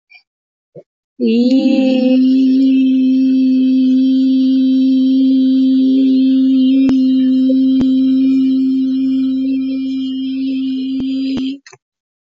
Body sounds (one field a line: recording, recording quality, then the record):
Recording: sustained vowel as in beet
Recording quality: moderate, slight background noise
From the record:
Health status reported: healthy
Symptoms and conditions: none ticked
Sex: female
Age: 40 years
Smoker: not ticked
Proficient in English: no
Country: India